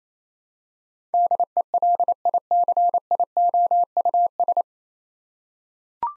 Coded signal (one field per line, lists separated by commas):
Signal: Morse code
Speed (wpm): 28 wpm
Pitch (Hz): 700 Hz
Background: none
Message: DELICIOUS